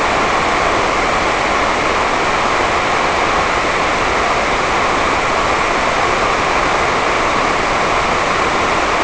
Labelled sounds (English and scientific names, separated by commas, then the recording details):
none
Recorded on Arctic tundra, site NAIT-1, on 28 June 2018
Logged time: 11:00